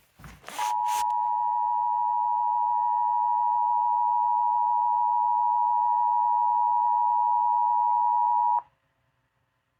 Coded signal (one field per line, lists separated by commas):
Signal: Emergency Alert System (SAME) tones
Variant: 853 and 960 Hz attention tone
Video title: EAS 5216-5232 Tests from 9/20-9/21